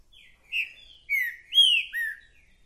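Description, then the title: Green-winged saltator song: one phrase of four loud, clear whistled notes, with softer notes before it. Trinca-ferro calling, singing and showing male aggression in a dispute; repetitive singer delivering one song after another; 'mercenário' song type; used to stir up other trinca-ferros. "Esse É PERFEITO Para ESQUENTAR Seu TRINCA Piando, Cantando E Macheando Na DISPUTA. TRINCA FERRO REPETIDOR !! UM CANTO ATRÁS DO OUTRO!!! TRINCA FERRO MERCENARIO!"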